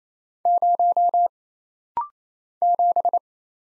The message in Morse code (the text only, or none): 0 7